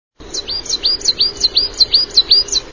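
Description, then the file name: Coal tit song: a high, rhythmic two-note phrase repeated several times in quick succession. "sinica chernaja"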